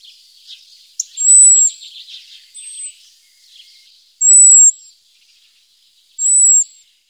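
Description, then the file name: European robin giving several thin, drawn-out high whistles, with soft, quiet warbling early on. "Rotkehlchen"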